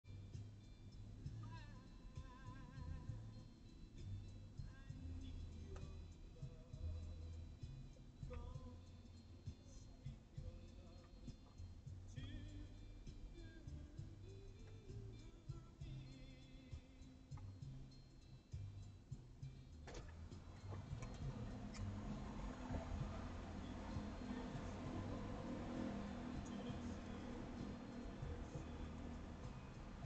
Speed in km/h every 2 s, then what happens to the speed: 0, 0, 3, 3, 0, 0, 0, 4, 3, 0, 0, 0, 2, 2, 0.
0-12 standing. 12-17 steady at about 3. 17-30 standing.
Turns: none.